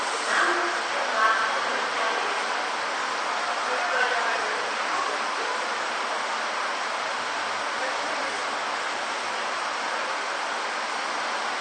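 A Toei 6300 series subway train runs along with a steady, dense rushing roar, a few brief tonal whines and faint voices in the first seconds.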